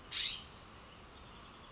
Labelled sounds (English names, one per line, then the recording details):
California Scrub-Jay
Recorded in Sonoma County, California